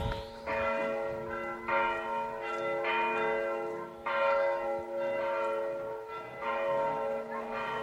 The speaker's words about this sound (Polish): Właśnie słyszę dzwony, to jest kościół diecezjalny nasz, bo jako Drohiczyn to najmniejsza diecezja w Polsce. To jest właśnie kościół diecezjalny. Katedra.